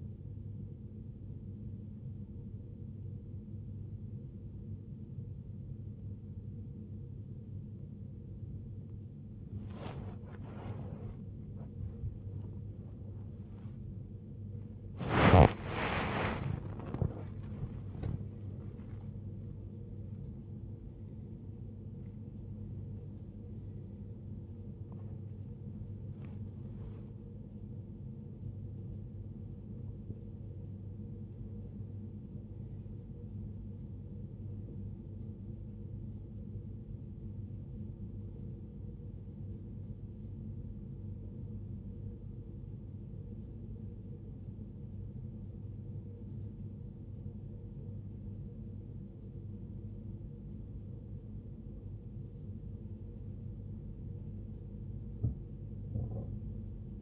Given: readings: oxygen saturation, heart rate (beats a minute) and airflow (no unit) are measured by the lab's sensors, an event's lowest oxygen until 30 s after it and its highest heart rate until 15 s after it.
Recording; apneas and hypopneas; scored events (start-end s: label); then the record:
a person awake in a sleep study, by a smartphone at the bedside; none
0.00-57.01 s: awake
From the record:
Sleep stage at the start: awake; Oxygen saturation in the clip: 92 to 94%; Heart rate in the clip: 68 to 97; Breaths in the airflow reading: 16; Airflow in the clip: -11.7 to 12.3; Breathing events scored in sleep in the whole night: 389 in 6.3 hours asleep